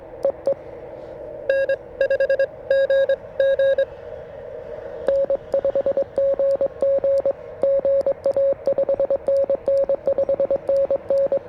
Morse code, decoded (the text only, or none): EE N5GG N5GG GA 5NN 5NN